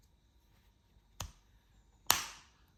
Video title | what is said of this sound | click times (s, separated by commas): Vauxhall Opel Astra Vectra Zafira Key Fob Battery Replacement | There you go, clicks in place and it's all done. | 1.2 s, 2.1 s